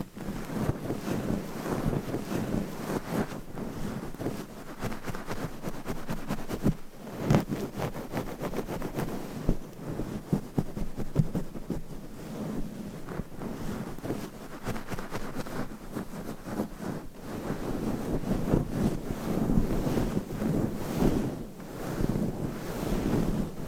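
Scratching of nails across microphone covers, a dense, rough rustle that runs almost without pause. Quick strokes come in rapid bursts, heavy in the low and middle range, with sharper scrapes flaring around seven, ten and seventeen seconds.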